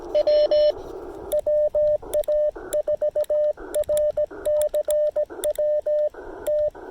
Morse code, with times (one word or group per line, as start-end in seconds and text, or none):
0.1-0.7 W
1.3-6.1 WA4RCW
6.5-6.7 T